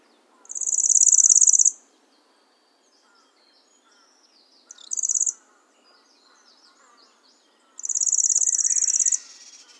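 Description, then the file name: Lanceolated warbler giving high, rapid, insect-like reeling bursts: two longer trills and one brief one, separated by quiet gaps with soft background bird notes. "Golosa ptic - Pyatnistyj sverchok Locustella lanceolata"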